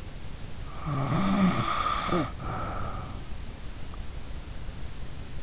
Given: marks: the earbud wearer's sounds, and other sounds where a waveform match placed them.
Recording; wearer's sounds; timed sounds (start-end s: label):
sounds in sleep by an in-ear microphone; snoring breath
0.81-3.25 s: snoring breath